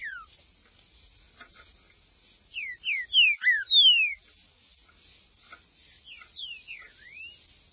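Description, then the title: Green-winged saltator giving a bright phrase of descending whistles midway, followed by softer, varied slurred notes, one rising. "Trinca Ferro"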